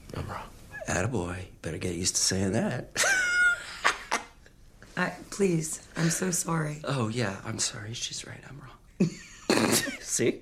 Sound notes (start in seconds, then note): 3.0 laughter; 9.0 laughter